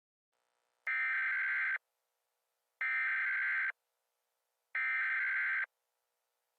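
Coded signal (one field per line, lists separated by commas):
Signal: Emergency Alert System (SAME) tones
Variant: header bursts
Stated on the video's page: Fictional EAS scenario about a destabilized Hadron Collider.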